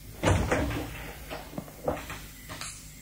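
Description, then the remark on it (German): The left door opens or closes with a quick run of wooden clunks and latch clicks, a loud thud early and lighter knocks trailing off over a few seconds, with no voices. “Die linke Tür.”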